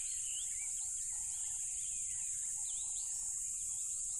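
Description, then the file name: Crickets trill in a steady, loud high-pitched drone, with scattered bird chirps and lower repeated pulsing calls. Loud crickets beside a tropical river. "smartsound ATMO NATURE Tropical River Loud Crickets"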